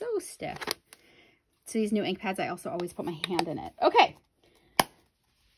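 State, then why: Seated. A plastic lid of a stamp ink pad is pressed shut by hand onto its case while someone talks. A sharp snap is heard at 4.8 s, and it is closed all the way.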